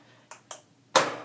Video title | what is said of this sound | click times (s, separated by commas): Seating the carriages for Simulknit and card hints. | you should hear them click on did you hear the snap here I'll do it again | 1.0 s